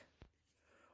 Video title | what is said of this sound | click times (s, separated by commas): Review Bissell CleanView Compact Upright Vacuum, Fits in Dorm Rooms & Apartments, Lightweight with P | If you don't have it right, the lid won't close properly. You'll hear that click. | 0.2 s